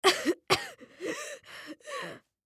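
Two sharp, forceful cough bursts are followed by three drawn-out, strained breaths with a tonal, wheezy, groaning quality. An acted sound effect of a sick girl coughing and wheezing.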